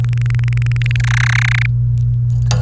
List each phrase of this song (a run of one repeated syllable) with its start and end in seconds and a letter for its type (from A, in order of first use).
0.04-0.96 A, 1.00-1.66 B